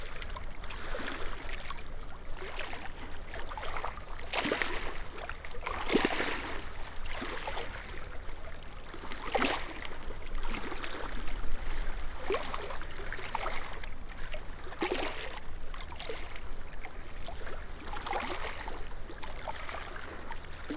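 Water at a seawall slaps and gurgles against the stonework in irregular surges, with brighter splashes breaking through every second or two. A steady low hum runs underneath throughout, and the overall level stays fairly even with no long pauses.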